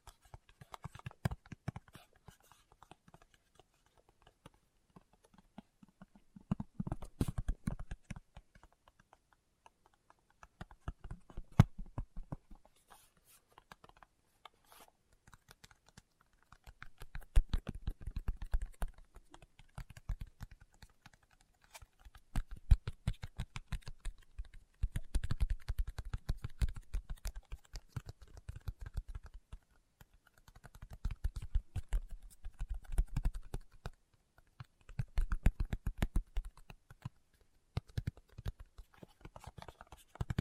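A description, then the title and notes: Fingertip tapping comes in rapid, dense bursts of dull, soft clicks with a low thump, pausing briefly every few seconds throughout. ASMR Tapping with Fingertips (No Talking).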